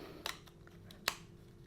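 A Midland BTR1 motorcycle intercom unit is pushed onto its plastic base plate, the adhesive version, with a few light clicks and taps before it clips firmly on at 1.0 seconds. The unit is seated on its mount.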